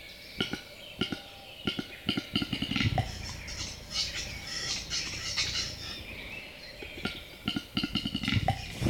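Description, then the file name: Western capercaillie display: dry clicks speeding into a roll, a hollow pop near three seconds, then hissing whetting sounds, and more clicks later. Recorded close to the bird. "Digiffects Sound Effects Library - Close Capercaillie Bird Version 1"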